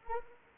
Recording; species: mosquito wingbeat signal from an infrared sensor; Anopheles arabiensis